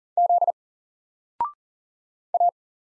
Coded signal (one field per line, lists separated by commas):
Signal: Morse code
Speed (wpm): 40 wpm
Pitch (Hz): 700 Hz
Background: none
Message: Z A